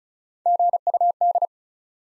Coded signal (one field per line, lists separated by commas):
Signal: Morse code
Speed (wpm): 36 wpm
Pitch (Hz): 700 Hz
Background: none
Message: GUD